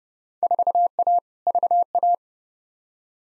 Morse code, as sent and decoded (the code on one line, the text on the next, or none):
....- .- / ...- .-
4A VA